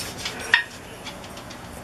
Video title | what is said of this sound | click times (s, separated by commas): How To Pressure Can Corn on the Cob | did i hear a pop yes that's close isn't it | 0.5 s